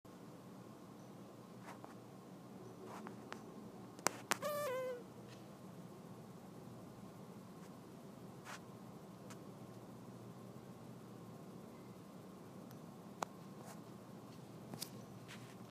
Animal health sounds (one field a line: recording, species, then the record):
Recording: mosquito flight sound by mobile phone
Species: Anopheles gambiae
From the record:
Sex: female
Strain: Kisumu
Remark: tethered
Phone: iPhone 4S